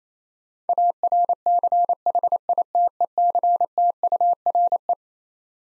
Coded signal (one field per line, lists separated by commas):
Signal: Morse code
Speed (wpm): 28 wpm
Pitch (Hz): 700 Hz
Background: none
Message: ARCHITECTURE